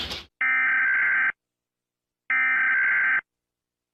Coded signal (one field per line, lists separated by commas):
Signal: Emergency Alert System (SAME) tones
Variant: header bursts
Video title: NATO And Ukraine Invading Russia, EAS Scenario (All Fake, Not Real)